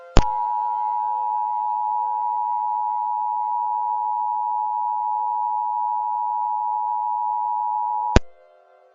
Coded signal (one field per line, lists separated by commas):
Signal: Emergency Alert System (SAME) tones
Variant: 853 and 960 Hz attention tone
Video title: EAS Mock (COLLAB. WITH TO BE ANNOUNCED): "EASyRICK"